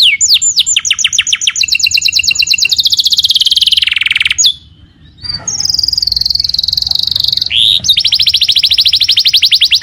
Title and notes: Pancingan Kenari Muda Durasi Panjang. masteran kenari